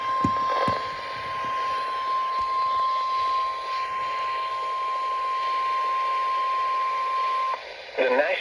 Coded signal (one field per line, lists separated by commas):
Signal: Emergency Alert System (SAME) tones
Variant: 1050 Hz attention tone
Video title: EAS 693-694 - LWX SMW and Relay